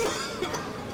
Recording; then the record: coughing mixed with background sound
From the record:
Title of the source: Dry Coughing Fit in the Afternoon.